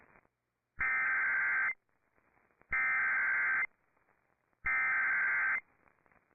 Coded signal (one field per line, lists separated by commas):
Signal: Emergency Alert System (SAME) tones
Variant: header bursts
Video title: TWO DAYS LATER: MORE STORMS IN THE DFW AREA... EAS Alerts from 12/26/24 (EAS #5,305 - 5,339)